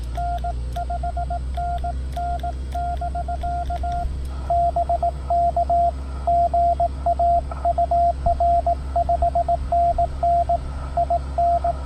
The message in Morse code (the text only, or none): N 5NN <BK> BK GA UR 5NN IN